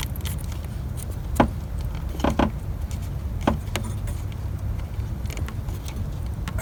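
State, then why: Not seated. An electrical connector is pushed onto the starter during a starter replacement on a 2002–2006 Toyota Camry 3.0L/3.3L V6 (also Lexus 300E, Avalon, Solara), with light taps and handling sounds at about 1.4, 2.3, 2.4, 3.5 and 3.8 s over a low background rumble. The connector fails to snap on, and nothing has seated or clicked yet.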